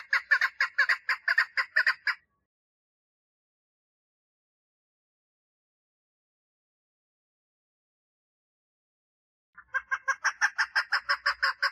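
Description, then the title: Partridge song in two bursts of rapid grating notes, each about two seconds long, separated by a long silent gap. "Perdiz Cantando"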